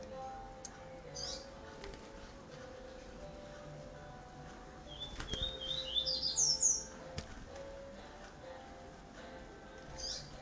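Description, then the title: Double-collared Seedeater song, a rapid bright phrase of high notes rising steeply around the middle, with a couple of faint chirps and a soft background hum. "Canto Coleiro"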